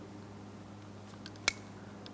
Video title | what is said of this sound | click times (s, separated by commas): How to Replace Front Interior Door Handles 2003-2007 Cadillac CTS | Audible click from that. And it's secure. | 1.5 s